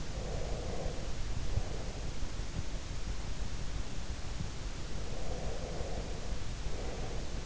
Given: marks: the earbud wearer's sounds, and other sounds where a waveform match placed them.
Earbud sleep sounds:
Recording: sounds in sleep by an in-ear microphone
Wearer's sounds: breath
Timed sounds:
0.12-2.26 s: breath
4.99-7.46 s: breath

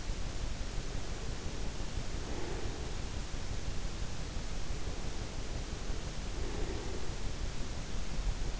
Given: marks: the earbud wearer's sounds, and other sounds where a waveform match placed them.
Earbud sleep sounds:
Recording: sounds in sleep by an in-ear microphone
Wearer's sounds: breath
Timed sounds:
2.07-3.19 s: breath
6.31-7.41 s: breath

